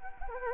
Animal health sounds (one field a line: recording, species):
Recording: mosquito wingbeat signal from an infrared sensor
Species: Anopheles arabiensis